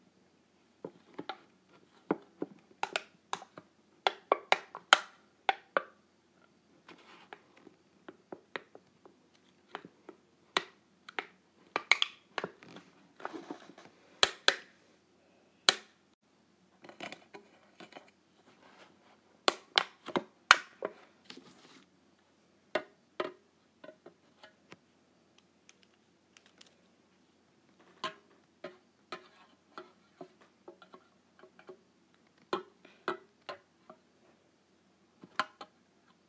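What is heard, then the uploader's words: Sharp clipping and clicking sounds snap out in irregular bursts, sometimes several in quick succession, then pausing for a second or two. Each click is bright and crisp. A faint low hum sits underneath throughout the quiet stretches between them. ASMR Clipping my Clips.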